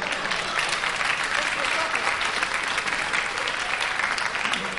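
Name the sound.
audience applause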